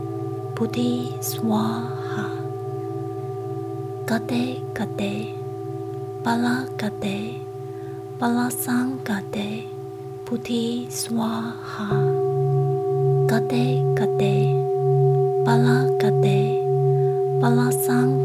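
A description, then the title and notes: Singing bowls hum in a steady, layered drone, with several sustained tones stacked from low to bright. A voice speaks in short phrases over it throughout. Around twelve seconds the low tone shifts and swells, settling into a slow, regular wavering pulse. 108次般若波羅蜜多咒丨心經丨頌缽丨冥想丨祈禱丨Singing Bowls丨The Heart Sutra.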